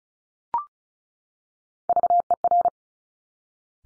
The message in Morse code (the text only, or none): VER